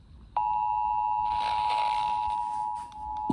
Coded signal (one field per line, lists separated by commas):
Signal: Emergency Alert System (SAME) tones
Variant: 853 and 960 Hz attention tone